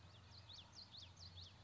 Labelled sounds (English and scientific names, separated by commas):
Common Yellowthroat (Geothlypis trichas)